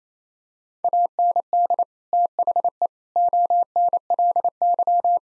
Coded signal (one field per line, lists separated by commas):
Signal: Morse code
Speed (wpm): 28 wpm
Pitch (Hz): 700 Hz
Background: none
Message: AND THE ONLY